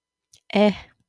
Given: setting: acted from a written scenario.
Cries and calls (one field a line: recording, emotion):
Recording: vocal sound without words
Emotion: neutral